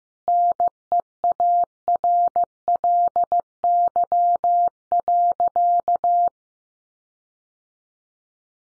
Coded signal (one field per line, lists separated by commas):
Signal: Morse code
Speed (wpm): 15 wpm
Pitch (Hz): 700 Hz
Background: none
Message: NEARLY.